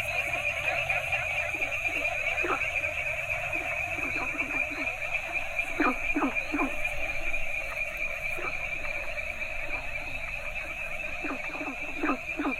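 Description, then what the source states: Frogs calling steadily, many brief downward-sweeping notes, some doubled, spread throughout over an unbroken shrill hum and low buzz. Mixed chorus of several frog species from Asia.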